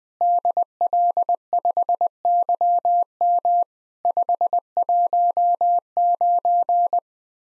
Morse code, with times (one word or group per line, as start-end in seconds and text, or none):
0.2-3.6 DL5YM
4.1-7.0 519